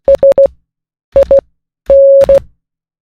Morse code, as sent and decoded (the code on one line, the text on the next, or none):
... .. -.
SIN